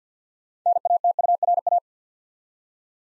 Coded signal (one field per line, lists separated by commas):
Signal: Morse code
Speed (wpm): 50 wpm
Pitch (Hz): 700 Hz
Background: none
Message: NATURA